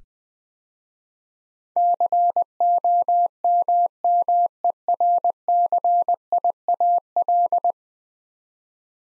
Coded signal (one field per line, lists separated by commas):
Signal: Morse code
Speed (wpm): 20 wpm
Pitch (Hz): 700 Hz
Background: none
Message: COMMERCIAL